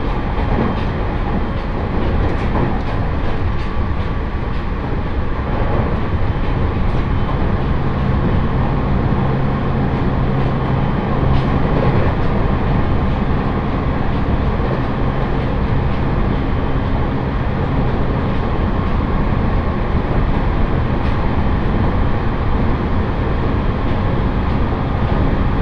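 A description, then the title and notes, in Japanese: A Joban Line train rides between stations with a steady, dense low rumble, rapid rail clatter, and a faint hum holding throughout. 鉄道旅 常磐線 南中郷→勝田。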